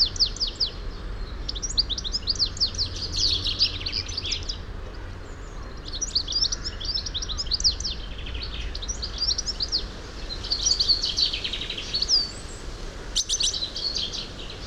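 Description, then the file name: European goldfinch calls in dense, fast twittering runs of bright high notes, broken by short pauses, with a sharp click late and low background noise underneath. "Carduelis carduelis"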